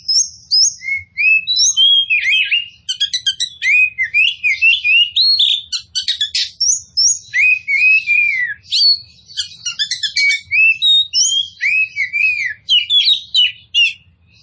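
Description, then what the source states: Oriental magpie-robin song: rich, varied sequence of looping whistles, rising and falling slurs and quick chip notes, barely pausing throughout. Local Indonesian name kacer poci; described as gacor, singing vigorously.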